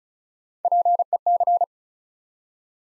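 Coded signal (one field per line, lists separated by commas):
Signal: Morse code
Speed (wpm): 34 wpm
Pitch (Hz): 700 Hz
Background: none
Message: PEC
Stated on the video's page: Morse Code practice drill at 35 wpm building 8-letter words three letters at a time, for instant character recognition training.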